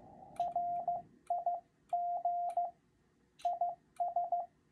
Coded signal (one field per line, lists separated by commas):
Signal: Morse code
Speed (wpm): 15 wpm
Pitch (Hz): 700 Hz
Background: none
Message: RIG IS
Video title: Learning CW protocol